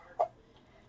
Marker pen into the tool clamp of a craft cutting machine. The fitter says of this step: just push it down until it clicks